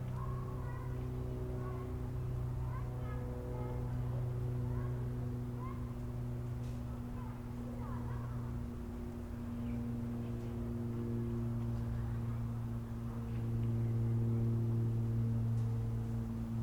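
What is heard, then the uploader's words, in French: Outdoor ambience in a residential housing estate, dominated by a steady low engine-like hum that drones throughout and swells slightly near the end. Small bird chirps and brief calls come and go over it, mostly in the first half. Masevaux lotissement 13 11 18 18h. 1 x Sennheiser me64 + K6 > marantz pmd620.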